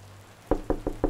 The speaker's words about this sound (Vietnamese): Bỗng bên ngoài có tiếng cộc cộc phát ra. Có ai đó đang đứng ở phía trước cửa phòng Tẹt.